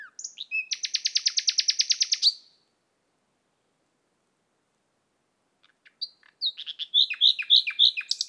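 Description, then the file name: Common nightingale singing a long, fast, machine-gun rattle of repeated notes, then after a silence a varied phrase of rapid chirps and dropping notes. "Luscinia megarhynchos"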